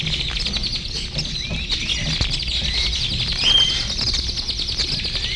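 Busy bird chorus: overlapping high twittering and chirping phrases from several birds, with a steady low rumbling background noise throughout.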